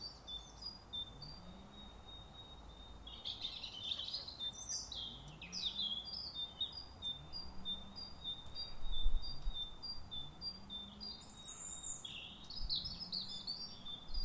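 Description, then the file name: European robin giving thin, high whistled notes mixed with sweet tumbling warbles, with soft low rising notes repeating beneath and light background noise. "Erithacus rubecula"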